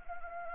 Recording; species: mosquito wingbeat signal from an infrared sensor; Anopheles gambiae